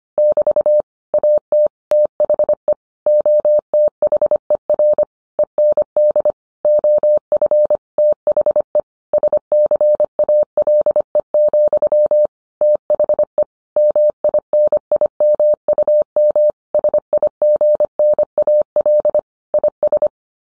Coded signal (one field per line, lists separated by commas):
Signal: Morse code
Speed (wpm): 25 wpm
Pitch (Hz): 600 Hz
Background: none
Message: <BT> AT THE OTHER END OF THE SCALE, THE MINIMUM SIGNAL IS